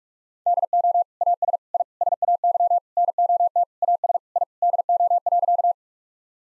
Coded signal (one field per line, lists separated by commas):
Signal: Morse code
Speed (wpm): 41 wpm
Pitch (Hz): 700 Hz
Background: none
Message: DO AS I SAY NOT AS I DO.